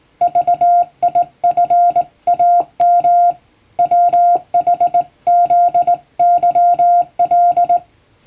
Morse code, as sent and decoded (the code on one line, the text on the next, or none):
...- .. ..-. .- -- / .-- .... --.. -.-- .-..
VIFAM WHZYL